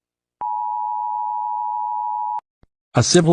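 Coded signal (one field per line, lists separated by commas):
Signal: Emergency Alert System (SAME) tones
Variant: 853 and 960 Hz attention tone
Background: speech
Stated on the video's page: Simulated EAS scenario, not a real alert.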